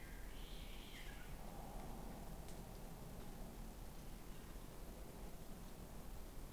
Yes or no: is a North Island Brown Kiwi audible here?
no